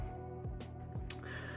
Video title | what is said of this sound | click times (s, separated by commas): AAP01 Customer Build Series - Red Splatter AP7! | click that in. | 1.1 s